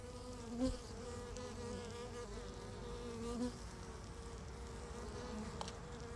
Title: Beehive. Bijenkorf (Laren Gld., July 17th 2015)